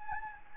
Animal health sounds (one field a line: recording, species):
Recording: mosquito wingbeat signal from an infrared sensor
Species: Anopheles gambiae